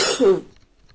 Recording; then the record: coughing mixed with background sound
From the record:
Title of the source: 30 Chesty and wet cough